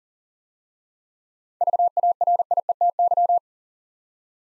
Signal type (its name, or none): Morse code